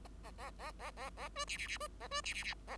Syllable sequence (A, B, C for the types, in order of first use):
A A A A A A B C C C B A B C C C A